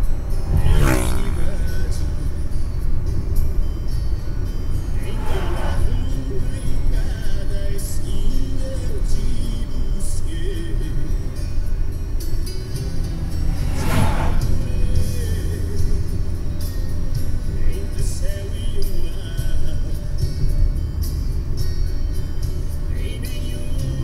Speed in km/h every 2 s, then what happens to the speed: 66, 63, 62, 63, 62, 58, 55, 57, 57, 54, 54, 54.
0-7 steady at about 63. 7-11 slows to 55. 11-24 steady at about 54.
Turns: none.